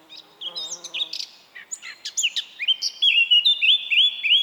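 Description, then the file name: Eurasian blackcap song: scratchy, quick chattering notes give way to a bright, loud fluted flourish of repeated whistles. "Sylvia atricapilla"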